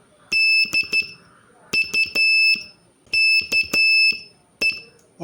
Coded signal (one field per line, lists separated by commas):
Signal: Morse code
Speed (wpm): 12 wpm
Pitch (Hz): 2650 Hz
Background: none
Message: DUKE